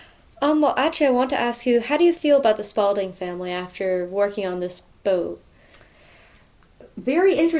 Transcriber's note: none